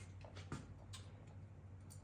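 A small metal spring retaining clip is pushed back onto a removed window crank handle from an LS-swapped Camaro so the crank is ready for reinstallation. A faint tick at 0.3 s is followed by a sharper click at 0.5 s as the clip seats, with a light tick near 1.9 s over a low steady hum.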